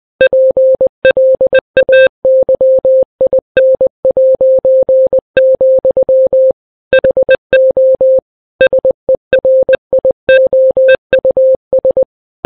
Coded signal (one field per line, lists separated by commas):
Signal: Morse code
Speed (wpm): 20 wpm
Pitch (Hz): 520 Hz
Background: none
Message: PLAYIN', HO SERIOUS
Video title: Setheun Vlogs - Morse Code